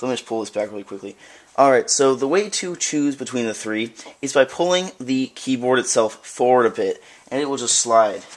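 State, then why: Not seated. Someone talks while handling the sliding keyboard tray of a TouchEZ Keypad Flip Case for iPad 2, pulling the keyboard forward so it slides out; the tray clicks at full extension. No click is heard in this clip: the tray has not yet slid out all the way, and nothing has seated or clicked yet.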